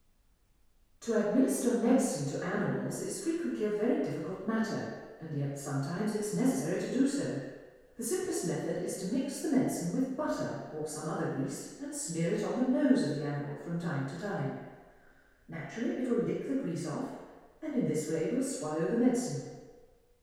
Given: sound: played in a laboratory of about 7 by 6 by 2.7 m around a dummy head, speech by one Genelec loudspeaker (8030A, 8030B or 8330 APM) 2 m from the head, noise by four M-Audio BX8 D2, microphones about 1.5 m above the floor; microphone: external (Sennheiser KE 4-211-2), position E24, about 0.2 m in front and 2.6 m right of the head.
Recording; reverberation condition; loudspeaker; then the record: female speech in English; high; in front (0 degrees)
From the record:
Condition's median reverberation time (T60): about 1300 ms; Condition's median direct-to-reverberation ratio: about -4.0 dB